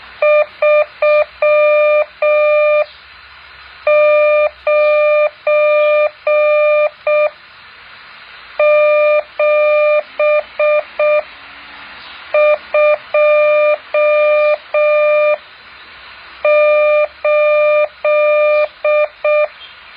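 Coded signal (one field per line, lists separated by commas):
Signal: Morse code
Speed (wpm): 6 wpm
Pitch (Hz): 600 Hz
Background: none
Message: 39728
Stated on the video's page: Morse code practice exercise 8.4.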